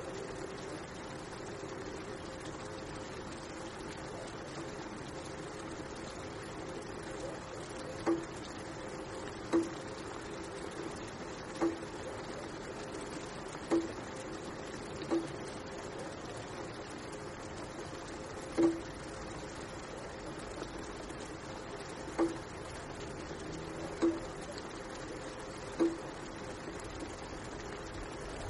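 Steady, dense rain hisses throughout, joined after about eight seconds by sharp drip-like taps every two seconds or so.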